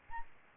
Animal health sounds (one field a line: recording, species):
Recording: mosquito wingbeat signal from an infrared sensor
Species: Aedes albopictus